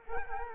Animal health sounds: mosquito wingbeat signal from an infrared sensor; Culex quinquefasciatus

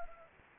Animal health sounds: mosquito wingbeat signal from an infrared sensor; Anopheles arabiensis

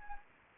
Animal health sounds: mosquito wingbeat signal from an infrared sensor; Anopheles arabiensis

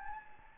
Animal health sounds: mosquito wingbeat signal from an infrared sensor; Anopheles gambiae

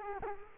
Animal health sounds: mosquito wingbeat signal from an infrared sensor; Culex quinquefasciatus

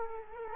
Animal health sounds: mosquito wingbeat signal from an infrared sensor; Culex quinquefasciatus

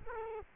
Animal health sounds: mosquito wingbeat signal from an infrared sensor; Culex quinquefasciatus

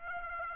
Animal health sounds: mosquito wingbeat signal from an infrared sensor; Aedes aegypti

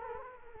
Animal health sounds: mosquito wingbeat signal from an infrared sensor; Culex quinquefasciatus

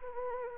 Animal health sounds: mosquito wingbeat signal from an infrared sensor; Anopheles arabiensis

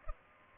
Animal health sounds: mosquito wingbeat signal from an infrared sensor; Aedes aegypti

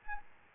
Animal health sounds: mosquito wingbeat signal from an infrared sensor; Aedes albopictus

